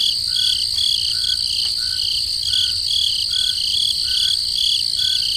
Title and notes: Peaceful Cricket Sounds at Night - Calming Sounds of Nature. relaxing crickets in the forest at night. Sleep and Relaxation Podcast